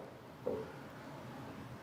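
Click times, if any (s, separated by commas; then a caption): 0.5 s. A snap-on (cementless) dental abutment, lined up with the flat side of a mini dental implant in a patient's mouth, is pressed down onto the implant. A single short, soft click at 0.5 s stands out above a steady, low background hiss. The abutment snaps into place and is seated.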